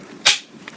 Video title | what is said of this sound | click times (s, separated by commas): Introducing the Free to Grow Tula Carrier (April 2017) | we're gonna hear the click did | 0.3 s